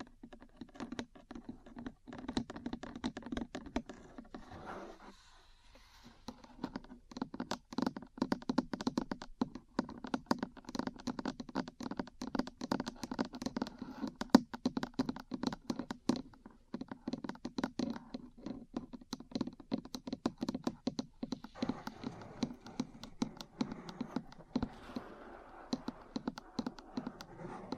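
Metal parts tap and scratch in rapid, uneven clusters of sharp clicks, pausing briefly near five and seventeen seconds, with a scraping hiss joining later.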